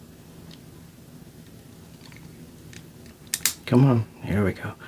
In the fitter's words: When you hear that snap noise, it's because this thing is like ultra brand new.